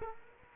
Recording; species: mosquito wingbeat signal from an infrared sensor; Culex quinquefasciatus